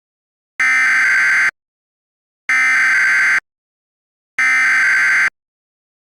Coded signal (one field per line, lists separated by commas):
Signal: Emergency Alert System (SAME) tones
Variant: header bursts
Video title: EAS Scenario 5: Karen's Brainrot Infefction